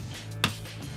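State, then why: Released. A screwdriver is pressed hard onto a factory-tight float bowl screw on a Suzuki DR650 motorcycle carburetor and turned. It breaks free with a single sharp click at 0.4 seconds over a low steady hum, and the screw is released and loose.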